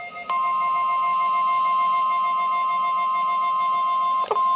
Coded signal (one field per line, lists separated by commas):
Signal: Emergency Alert System (SAME) tones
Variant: 1050 Hz attention tone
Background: music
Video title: KEC80 Required Weekly Test (EAS #3)